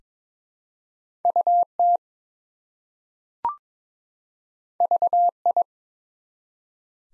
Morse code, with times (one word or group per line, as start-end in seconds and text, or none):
1.2-2.0 UT
4.8-5.6 VI